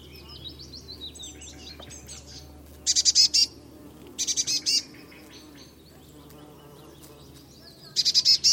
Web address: cianscape birddata Deverinetal 2025 Bird Only Cy Ca